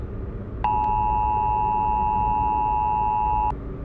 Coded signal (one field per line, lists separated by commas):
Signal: Emergency Alert System (SAME) tones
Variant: 853 and 960 Hz attention tone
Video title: EAS Scenario #6 - Contagious Grain